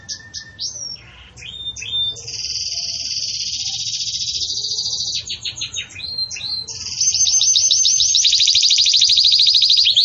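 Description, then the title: Belgian canary song: a high trill opens, then long sustained buzzy rolls and rapid repeated notes, growing louder toward the end. Belgian canary singing the 'campainha' (bell) song style, for tutoring young chicks. "Belíssimo Canto Do Canário Belga Campainha Para Encarte De Filhotes"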